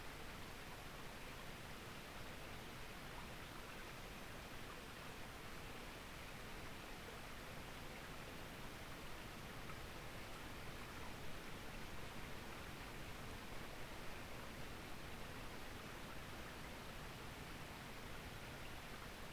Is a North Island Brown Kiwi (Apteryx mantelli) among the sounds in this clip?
no